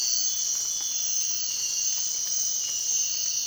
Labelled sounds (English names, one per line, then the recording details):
none
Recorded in dense forest near Puerto Asís, Putumayo, Colombia, on 24 March 2025 at 04:30
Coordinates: 0.499, -76.324
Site GP03